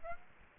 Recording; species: mosquito wingbeat signal from an infrared sensor; Aedes aegypti